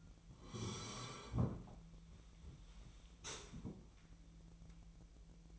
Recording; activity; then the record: daily activity, microphone in the room; sit down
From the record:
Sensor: 1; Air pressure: 1001.7 hPa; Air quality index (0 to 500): 248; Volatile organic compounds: 120 ppm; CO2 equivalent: 3873 ppm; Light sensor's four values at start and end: 16/37/16/18 and 16/38/16/18